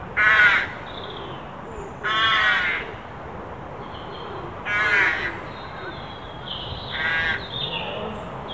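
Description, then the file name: Carrion crow calling: four rasping caws spaced roughly two to three seconds apart, with thin whistled notes from other birds in the gaps. "Corvus corone"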